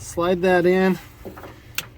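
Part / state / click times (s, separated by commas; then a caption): headlight plug into wiring harness pigtail connector / seated / 1.8 s. Someone talks, then an LED headlight's plastic connector is slid onto the headlight wiring harness pigtail of a 1991 Dodge Ram Cummins truck (1981–1993 Dodge Ram). A sharp snap is heard at 1.8 s as the connector seats fully onto the pigtail.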